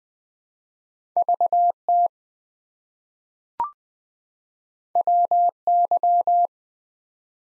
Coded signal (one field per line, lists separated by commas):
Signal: Morse code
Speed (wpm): 20 wpm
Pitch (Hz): 700 Hz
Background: none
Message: VT WY